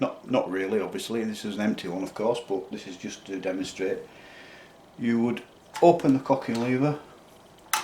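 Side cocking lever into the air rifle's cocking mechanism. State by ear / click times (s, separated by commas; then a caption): seated / 7.7 s. Someone talks while the metal side cocking lever of a Weihrauch HW110 air rifle, with an empty magazine, is opened fully into the rifle's cocking mechanism. A single sharp click is heard at 7.7 s as the lever engages and clicks into the cocked position.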